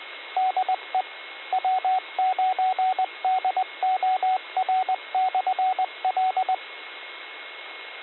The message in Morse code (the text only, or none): DE W9DOR/L